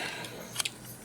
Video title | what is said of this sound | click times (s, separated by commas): Video Review of the Plants Vs Zombies Combiner | close this up snap it in | 0.6 s, 0.7 s